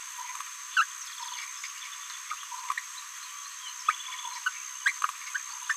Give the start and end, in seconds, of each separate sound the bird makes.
0.76-0.84, 2.70-2.73, 3.88-3.93, 4.46-4.50, 4.85-4.93, 5.34-5.38, 5.69-5.74